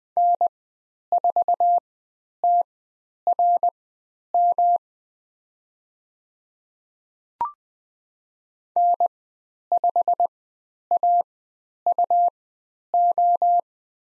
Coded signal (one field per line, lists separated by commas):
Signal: Morse code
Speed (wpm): 20 wpm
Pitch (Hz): 700 Hz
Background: none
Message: N4TRM N5AUO